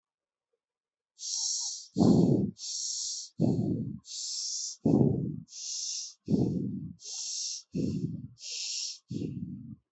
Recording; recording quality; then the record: shallow breathing; excellent, no background noise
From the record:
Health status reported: exposed to COVID-19, no respiratory illness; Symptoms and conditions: none ticked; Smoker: not ticked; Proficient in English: yes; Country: India